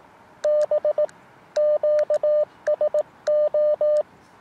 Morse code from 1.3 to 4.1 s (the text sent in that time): QSO